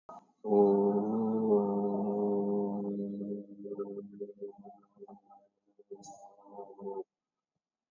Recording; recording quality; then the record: sustained vowel as in boot; excellent, no background noise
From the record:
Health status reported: COVID-19 positive, mild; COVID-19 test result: positive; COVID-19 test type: RT-PCR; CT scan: taken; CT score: 5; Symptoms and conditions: fever, fatigue, muscle pain, hypertension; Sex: male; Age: 42 years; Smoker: yes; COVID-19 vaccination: one dose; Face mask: worn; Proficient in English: yes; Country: India